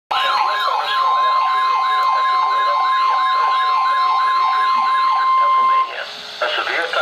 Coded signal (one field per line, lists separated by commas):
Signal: Emergency Alert System (SAME) tones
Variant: 1050 Hz attention tone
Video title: Special Marine Warning (EAS #525)